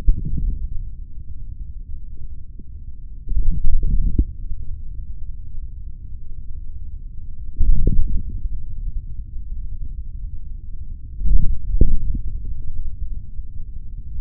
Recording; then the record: forearm muscle sounds (acoustic myography)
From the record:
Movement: hand closing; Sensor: system 3, bracelet of six PUI Audio POM-2738L microphones around the upper forearm, with dedicated amplification and filtering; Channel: 1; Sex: male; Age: 26 years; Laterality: right